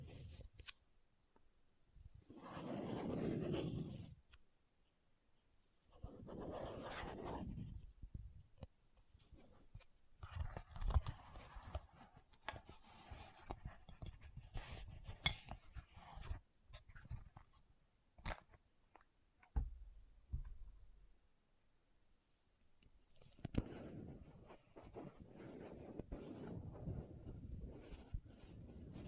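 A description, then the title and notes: Quiet handling of items from a bag, with no voice. Soft rustling swells come around 3, 7 and again from 23 seconds, while the middle stretch is busy with small taps, clicks and light clinks of objects being set down. ASMR What's In My Bag (No Talking).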